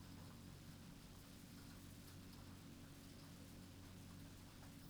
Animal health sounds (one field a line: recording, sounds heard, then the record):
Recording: poultry house recording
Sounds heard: no chicken sound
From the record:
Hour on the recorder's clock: 20